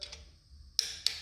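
A click torque wrench set to 25 ft-lb re-checks a connecting rod cap bolt in an engine block. After faint light ticks at the start and a quiet stretch, the wrench gives a sharp click at 0.8 s, followed by another sharp tick at 1.1 s. The re-check confirms the bolt is at 25 ft-lb.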